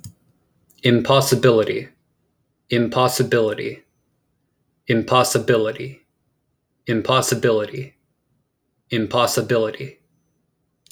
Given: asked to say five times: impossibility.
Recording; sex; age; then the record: repeated word; male; 20 to 29 years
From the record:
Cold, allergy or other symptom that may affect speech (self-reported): no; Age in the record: 23 years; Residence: Texas, United States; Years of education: 16